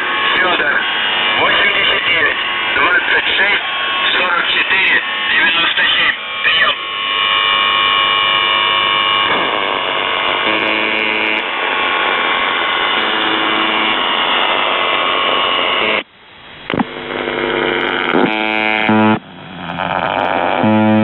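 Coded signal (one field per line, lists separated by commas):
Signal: channel marker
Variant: UVB-76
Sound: harsh harmonic buzzing through shortwave static, with possible brief voice and tonal bits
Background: radio static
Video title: The Buzzer/UVB-76(4625Khz) April 13th, 2023 Voice messages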